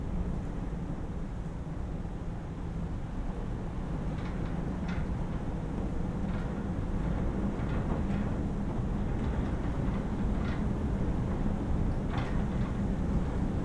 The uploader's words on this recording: Inside a bird hide. Indistinguishable shifting murmurings, of the surrounding landscape, blown in through low letterbox windows. Flurried sounds, made by internal things under external forces.